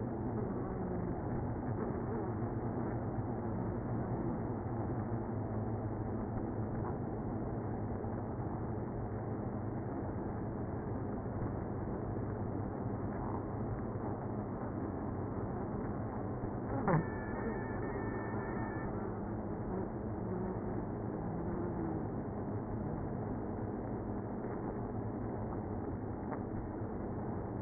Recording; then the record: honeybee colony, microphone inside the hive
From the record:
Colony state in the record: queenless (queen removed); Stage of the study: after two queens were removed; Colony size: about 60,000 bees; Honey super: yes